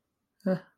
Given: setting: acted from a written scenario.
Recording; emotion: vocal sound without words; neutral